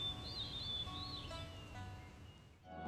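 Faint, high-pitched twittering of small birds outside a window, heard in a quiet room: a few quick wavering chirps over a soft, steady hum of low tones, with no voices present.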